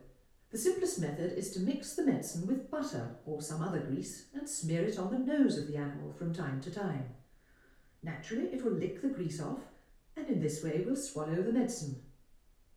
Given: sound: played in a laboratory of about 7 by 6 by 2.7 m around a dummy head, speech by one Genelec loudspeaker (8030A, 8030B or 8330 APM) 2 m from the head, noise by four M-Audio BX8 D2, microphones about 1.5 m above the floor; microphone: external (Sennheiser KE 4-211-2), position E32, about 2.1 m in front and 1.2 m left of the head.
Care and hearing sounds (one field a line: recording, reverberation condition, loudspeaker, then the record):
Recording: female speech in English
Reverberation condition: medium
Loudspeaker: 90 degrees to the right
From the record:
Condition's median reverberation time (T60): about 510 ms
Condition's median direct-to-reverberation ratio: about -0.5 dB